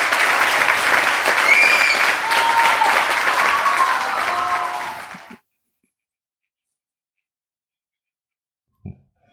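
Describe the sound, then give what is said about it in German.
A burst of dense, steady applause as the winner of the traveling waffle iron is announced lasts about five seconds with a few whistle-like cheers, tapers briefly and then cuts off into silence, followed by a lone soft knock. “Ja, das ist doch ein Applaus wert.”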